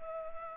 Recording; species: mosquito wingbeat signal from an infrared sensor; Culex pipiens